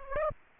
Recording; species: mosquito wingbeat signal from an infrared sensor; Aedes aegypti